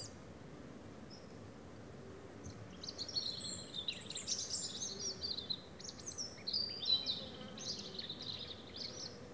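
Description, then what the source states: European robin song starts after a quiet couple of seconds, then rapid high trilling and whistled phrases run on steadily above low background noise. Several robins singing in the afternoon at Méandres du Saugey, Brangues, France, in the Haut-Rhône; recorded with a Dodotronic stereo parabola (EM172) and Zoom H4n Pro.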